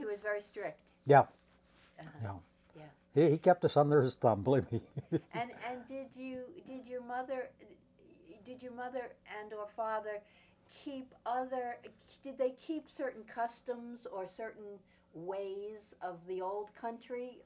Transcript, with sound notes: And he was very strict?
Yeah.
Uh-huh.
Yeah.
Yeah.
He kept us under his thumb, believe me. [chuckles]
And — and did you — did your mother — did your mother and/or father keep other — did they keep certain customs or certain ways of the Old Country?